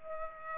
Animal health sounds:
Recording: mosquito wingbeat signal from an infrared sensor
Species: Culex pipiens

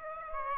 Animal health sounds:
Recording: mosquito wingbeat signal from an infrared sensor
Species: Aedes aegypti

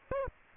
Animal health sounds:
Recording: mosquito wingbeat signal from an infrared sensor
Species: Aedes aegypti

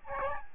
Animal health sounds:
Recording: mosquito wingbeat signal from an infrared sensor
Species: Aedes albopictus

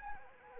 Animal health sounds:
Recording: mosquito wingbeat signal from an infrared sensor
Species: Anopheles arabiensis

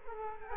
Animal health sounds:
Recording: mosquito wingbeat signal from an infrared sensor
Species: Culex quinquefasciatus

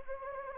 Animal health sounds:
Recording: mosquito wingbeat signal from an infrared sensor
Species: Anopheles gambiae

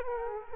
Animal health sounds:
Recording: mosquito wingbeat signal from an infrared sensor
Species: Culex quinquefasciatus

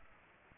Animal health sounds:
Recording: mosquito wingbeat signal from an infrared sensor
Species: Aedes aegypti

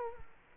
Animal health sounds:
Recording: mosquito wingbeat signal from an infrared sensor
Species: Culex quinquefasciatus

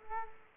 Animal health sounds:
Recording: mosquito wingbeat signal from an infrared sensor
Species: Culex quinquefasciatus

